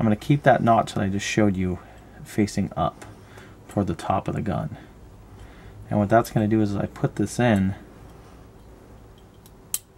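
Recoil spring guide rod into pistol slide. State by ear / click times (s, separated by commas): seated / 9.7 s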